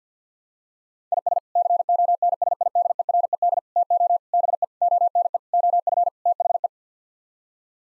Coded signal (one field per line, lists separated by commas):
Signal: Morse code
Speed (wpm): 50 wpm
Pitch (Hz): 700 Hz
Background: none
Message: IS CONSIDERED TO BE ONE OF THE